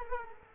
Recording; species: mosquito wingbeat signal from an infrared sensor; Culex quinquefasciatus